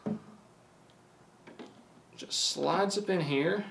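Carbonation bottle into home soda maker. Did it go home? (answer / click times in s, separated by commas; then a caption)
no / none. A person holds up the carbonation bottle that comes with a home soda maker and lines it up under the machine's nozzle, ready to slide it up to lock. Only faint ticks are heard, around 0.1, 1.5 and 1.6 seconds, while someone talks. The bottle has not clicked or locked into place yet.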